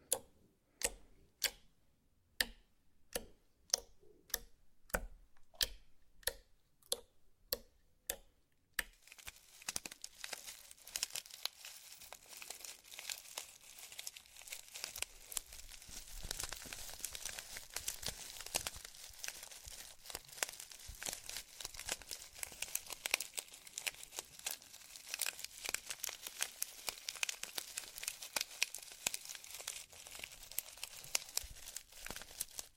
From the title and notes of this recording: ASMR SLIME! 5 Satisfying Slimes.